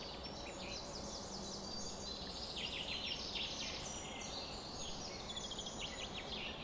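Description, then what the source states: Birds singing together at dawn, dense layered chirps and rapid trills, some downward-sweeping notes repeating, with a constant soft rumble underneath. Summer morning dawn chorus at 4:40 am.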